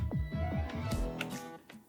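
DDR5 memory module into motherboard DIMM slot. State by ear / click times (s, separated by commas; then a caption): not seated / none. A DDR5 memory module is handled over a motherboard DIMM slot (slots A2 and B2), about to be pressed down until the retention latch clicks, with music playing throughout and brief taps near 0.1, 1.2 and 1.7 seconds. Nothing has seated or clicked yet; the module is not yet home.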